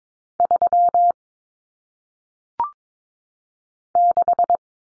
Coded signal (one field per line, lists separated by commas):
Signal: Morse code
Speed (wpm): 22 wpm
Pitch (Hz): 700 Hz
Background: none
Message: 3 6